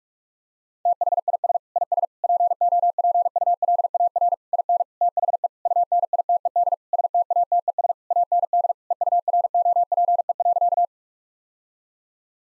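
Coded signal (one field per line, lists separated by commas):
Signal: Morse code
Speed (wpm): 43 wpm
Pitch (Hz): 700 Hz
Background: none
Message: THIS IS POPULAR IN THE UNITED STATES AND EUROPE.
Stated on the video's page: Morse code practice at 45 wpm: sentences built from common five-word phrases, each sent, then spoken, then sent again.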